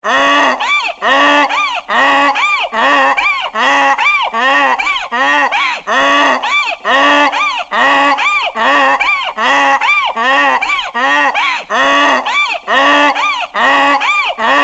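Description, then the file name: Long donkey braying bout, loud grating honks alternating low and high in a steady rhythm of roughly one cycle per second. "donkey voice"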